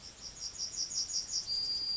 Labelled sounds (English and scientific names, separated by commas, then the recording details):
Yellowhammer (Emberiza citrinella) song
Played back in grassland
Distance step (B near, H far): E
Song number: 047